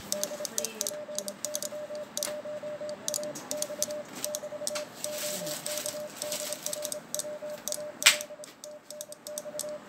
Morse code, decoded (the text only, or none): DE PY1AX <BT> OK DR WAL TNX